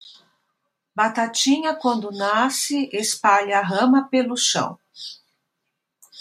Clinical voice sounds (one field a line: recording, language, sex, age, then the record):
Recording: short text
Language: Brazilian Portuguese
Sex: female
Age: 60 to 69 years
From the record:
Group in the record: control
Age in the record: 66 years